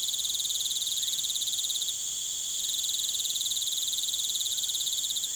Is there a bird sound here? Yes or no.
no